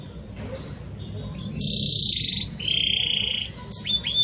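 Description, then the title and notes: Belgian canary song: a soft start, then a dense high buzzy trill, a lower rolling trill after a brief break, and a few quick sliding notes at the end. Pure "campainha" (bell) song style with pauses, for training. "Canto Canário Belga Campainha Puro Com Pausa Para Treinamento. CANARIO BELGA"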